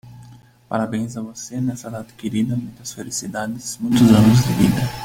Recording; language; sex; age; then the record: short text; Brazilian Portuguese; male; 20 to 29 years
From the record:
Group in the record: control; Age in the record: 25 years